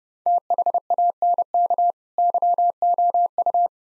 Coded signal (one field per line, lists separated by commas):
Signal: Morse code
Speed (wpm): 30 wpm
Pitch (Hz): 700 Hz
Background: none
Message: THANK YOU